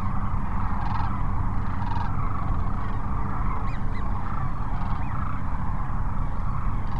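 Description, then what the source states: Sandhill crane flock giving a dense chorus of rattling, bugling calls over a steady low roar. Several cranes at Cochise Lakes, 30 January 2019.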